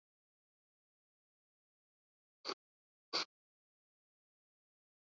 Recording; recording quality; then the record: shallow breathing; excellent, no background noise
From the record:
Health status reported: COVID-19 positive, mild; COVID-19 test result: positive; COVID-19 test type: RT-PCR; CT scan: not taken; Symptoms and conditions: fatigue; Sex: male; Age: 34 years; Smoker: no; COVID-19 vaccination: both doses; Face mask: worn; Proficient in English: yes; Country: India